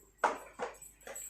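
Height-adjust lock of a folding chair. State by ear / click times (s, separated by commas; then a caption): seated / 0.2 s. The height-adjust lock of a folding chair is extended to set its height. A sharp click at 0.2 s shows it locks in place, followed by a few softer knocks and rattles. Nobody talks in the clip.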